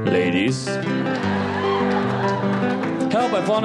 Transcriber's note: soundbite of laughter